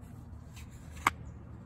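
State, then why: Seated. A Fällkniven S1X.b knife blade is pushed back into its Zytel plastic sheath with Click Fit retention. Faint handling noise leads to a single sharp click at 1.1 s, and the knife is seated in the sheath.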